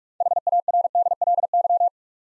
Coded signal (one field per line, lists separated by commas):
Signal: Morse code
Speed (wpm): 44 wpm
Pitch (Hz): 700 Hz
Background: none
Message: HARDLY